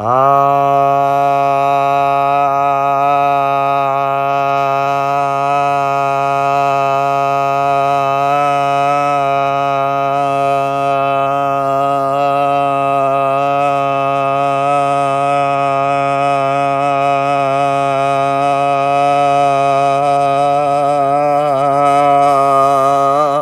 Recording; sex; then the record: sustained vowel /a/; male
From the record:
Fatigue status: no fatigue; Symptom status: asymptomatic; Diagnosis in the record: COVID-19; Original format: m4a